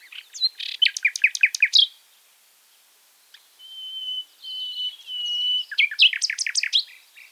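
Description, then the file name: Common nightingale singing a rapid rattling burst, then a long pure sustained whistle, followed by another fast throbbing trill. "Luscinia megarhynchos"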